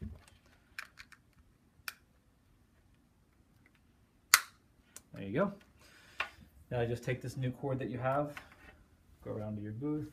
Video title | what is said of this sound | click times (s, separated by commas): Texas Special Instruments Audiometer Headphone Cord Replacement | one side in and then just wait to hear that click and that means it's on there good there | 1.9 s, 4.3 s